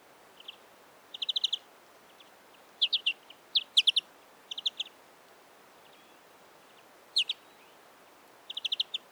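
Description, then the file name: European greenfinch calling with bright, clipped chirps in quick groups, some louder doubled notes, repeated irregularly against faint constant background noise. "Chloris chloris"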